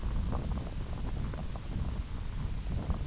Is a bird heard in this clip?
no